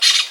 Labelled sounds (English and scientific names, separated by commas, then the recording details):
Brown-throated Parakeet (Eupsittula pertinax) contact call
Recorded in Venezuela
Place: Guárico; Corozopando; Fundo La Fe
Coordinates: 8.506, -67.593